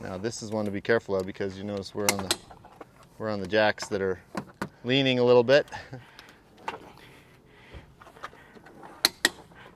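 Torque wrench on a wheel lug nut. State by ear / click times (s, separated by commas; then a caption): torque reached / 9.1 s, 9.2 s. A torque wrench set at 140 ft-lb tightens the next lug nut on a Rivian truck's wheel while the truck sits on jacks that are leaning a little. Someone talks over soft ratcheting and mechanical sounds. Two sharp clicks at 9.1 s and 9.3 s show the wrench reaching its setting, close to the needed foot-pounds.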